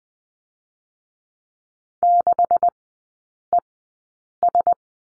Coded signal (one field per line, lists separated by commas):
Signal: Morse code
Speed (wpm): 20 wpm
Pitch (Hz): 700 Hz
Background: none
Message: 6ES